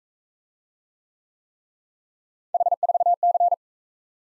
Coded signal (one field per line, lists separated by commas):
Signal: Morse code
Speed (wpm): 38 wpm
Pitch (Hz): 700 Hz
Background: none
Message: H4C